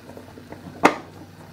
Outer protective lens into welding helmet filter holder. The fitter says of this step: take the outer protective lens snap it in very simple